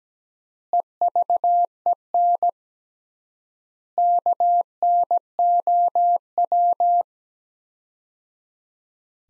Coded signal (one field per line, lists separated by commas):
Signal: Morse code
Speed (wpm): 17 wpm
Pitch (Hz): 700 Hz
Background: none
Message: EVEN KNOW